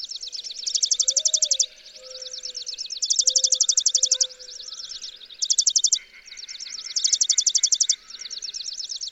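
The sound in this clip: Chipping sparrow song: loud mechanical trills of fast chips every two seconds or so, alternating with softer trills.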